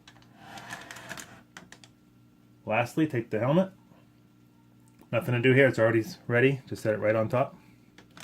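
Someone talks while handling a plastic toy helmet piece above the head of a Go-Onger DX combining toy robot (Engine-Oh / Gunbir-Oh), ready to set it on top and press it down. Light plastic taps sound around 0.9–1.8 s, with fainter ones near 4.9–5.0 s. The helmet has not seated or clicked into place yet.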